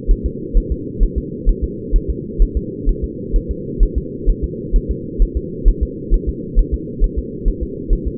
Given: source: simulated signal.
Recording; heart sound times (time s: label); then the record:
fetal heart sounds
0.11 s: S1
0.26 s: S2
0.57 s: S1
0.72 s: S2
1.03 s: S1
1.18 s: S2
1.49 s: S1
1.64 s: S2
1.96 s: S1
2.10 s: S2
2.42 s: S1
2.57 s: S2
2.89 s: S1
3.04 s: S2
3.36 s: S1
3.51 s: S2
3.83 s: S1
3.98 s: S2
4.30 s: S1
4.44 s: S2
4.76 s: S1
4.91 s: S2
5.22 s: S1
5.37 s: S2
5.68 s: S1
5.83 s: S2
6.14 s: S1
6.29 s: S2
6.59 s: S1
6.74 s: S2
7.04 s: S1
7.19 s: S2
7.48 s: S1
7.63 s: S2
7.93 s: S1
8.08 s: S2
From the record:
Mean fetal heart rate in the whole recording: 130 bpm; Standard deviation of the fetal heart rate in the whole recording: 4 bpm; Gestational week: 38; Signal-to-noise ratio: -4.1 dB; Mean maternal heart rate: no maternal heart sound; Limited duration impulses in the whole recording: absent